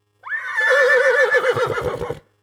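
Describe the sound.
Horse whinny, a loud high squealing neigh that wavers and breaks into a shaking, stuttering end with low snorting pulses.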